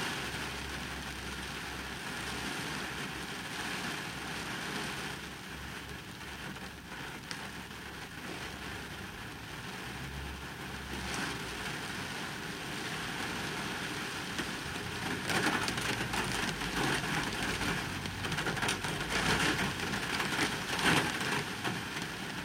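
Heavy rain drums steadily on a parked, empty car, a dense hiss with a low rumble, growing louder and more spattery after fifteen seconds.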